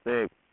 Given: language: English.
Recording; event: throat vibration sensor signal played as sound; speech